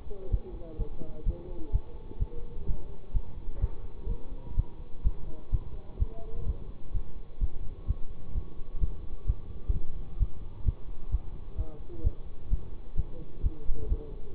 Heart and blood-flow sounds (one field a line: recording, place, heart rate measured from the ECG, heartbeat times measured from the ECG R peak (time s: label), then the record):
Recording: heart sounds by stethoscope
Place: between the tricuspid and mitral areas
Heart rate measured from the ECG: 128 bpm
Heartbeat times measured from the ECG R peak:
0.29 s: heartbeat
0.77 s: heartbeat
1.24 s: heartbeat
1.70 s: heartbeat
2.18 s: heartbeat
2.65 s: heartbeat
3.12 s: heartbeat
3.59 s: heartbeat
4.07 s: heartbeat
4.55 s: heartbeat
5.02 s: heartbeat
5.50 s: heartbeat
5.97 s: heartbeat
6.45 s: heartbeat
6.92 s: heartbeat
7.39 s: heartbeat
7.86 s: heartbeat
8.33 s: heartbeat
8.79 s: heartbeat
9.25 s: heartbeat
9.72 s: heartbeat
10.18 s: heartbeat
10.64 s: heartbeat
11.10 s: heartbeat
11.56 s: heartbeat
12.02 s: heartbeat
12.48 s: heartbeat
12.95 s: heartbeat
13.41 s: heartbeat
13.87 s: heartbeat
14.34 s: heartbeat
From the record:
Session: bicycle stress test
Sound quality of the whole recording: good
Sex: male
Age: 24 years